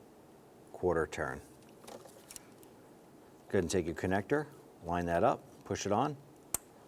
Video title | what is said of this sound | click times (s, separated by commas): How to Replace Idle Air Control Valve 1995-2001 Ford Explorer | you hear and feel it snap into place you're all set now you can go ahead and reconnect your battery | 6.6 s